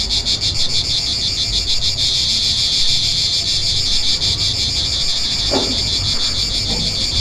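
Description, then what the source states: Cicada song: a loud, steady high buzz with a fast pulsing throb, carried continuously over low rumbling background noise. Recorded 3 September 2009.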